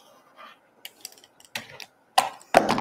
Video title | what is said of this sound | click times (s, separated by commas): Sew Along with me! - Mug Rug Tutorial - "The Sewcial Circle" Live Sewing Show: Episode 7 | little click there we go | 2.2 s